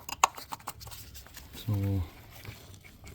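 A plastic electrical connector is handled at the ignition coil of a Hyundai Santa Fe 2.0 T AWD during spark plug replacement, as it is about to be pushed back on. Short sharp handling taps come at about 0.1, 0.2, 0.5 and 0.7 s, and someone briefly talks around 1.7 to 2.0 s. The connector has not seated or clicked in yet.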